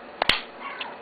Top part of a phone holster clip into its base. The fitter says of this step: until it clicks.